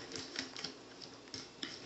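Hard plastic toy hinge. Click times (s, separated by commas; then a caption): 1.6 s. The large plastic platform on the back of a Transformers Prime Battlesuit Bumblebee toy is raised on its hinge, with several small plastic clicks and taps through the first second and a sharper knock near 1.3 s. At 1.6 s a crisp click is heard as the platform locks into its raised position, fully seated.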